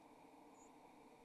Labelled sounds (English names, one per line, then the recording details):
White-throated Sparrow flight call
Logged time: 07:41 on 28 November 2014